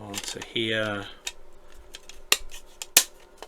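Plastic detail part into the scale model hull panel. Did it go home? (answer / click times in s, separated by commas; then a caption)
yes / 2.3 s, 3.0 s. Someone talks, then a plastic TP-series detail part from a Star Wars Millennium Falcon scale model kit is pressed onto the model's hull panel. Two loud, sharp snaps ring out at 2.3 s and 3.0 s as the part clicks firmly into place.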